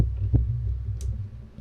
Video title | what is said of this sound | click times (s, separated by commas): weekly garden live | Clicked into place and we're good. | 1.0 s